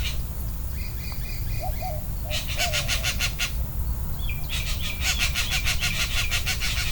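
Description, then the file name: Green jay giving harsh, rapid, ratcheting calls in two bursts, with softer low hooting notes and faint high chips beneath, over a constant low rumble. Birds recorded in Hidalgo, Texas, on 1 June 2015. "Green Jays Hidalgo TX 20150601"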